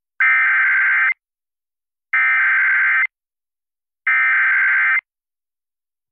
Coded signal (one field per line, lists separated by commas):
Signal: Emergency Alert System (SAME) tones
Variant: header bursts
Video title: EAS 2x Civil Emergency Message Downtown Albert Lea (Freeborn County) Minnesota NOAA Weather Radio